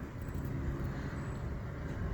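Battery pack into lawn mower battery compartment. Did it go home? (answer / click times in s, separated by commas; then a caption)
no / none. A plastic battery pack is turned around after first being held upside down and lined up at the opened battery compartment of a cordless lawn mower, ready to be pushed in. Only a steady, broadband outdoor rumble with no distinct sudden sounds is heard. Nothing has seated or clicked yet.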